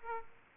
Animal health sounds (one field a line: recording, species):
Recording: mosquito wingbeat signal from an infrared sensor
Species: Aedes aegypti